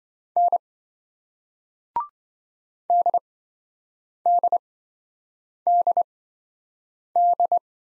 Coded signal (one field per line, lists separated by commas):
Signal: Morse code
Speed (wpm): 26 wpm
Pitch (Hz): 700 Hz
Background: none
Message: N DDDD